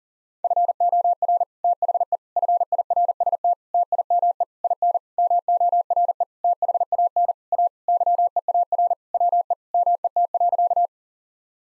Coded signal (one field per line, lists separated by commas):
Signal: Morse code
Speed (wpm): 37 wpm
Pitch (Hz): 700 Hz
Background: none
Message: FOR THE FIRST TIME IN MORE THAN A YEAR WE MET.